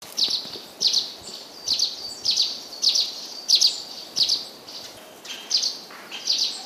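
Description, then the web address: Russet sparrow giving a run of high, clipped chirps, often doubled, repeated about one and a half times a second against a low hiss. "izumino saunndo nyuunaisuzume"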